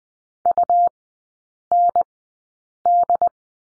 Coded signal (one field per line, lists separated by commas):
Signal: Morse code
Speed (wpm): 20 wpm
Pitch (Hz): 700 Hz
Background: none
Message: UND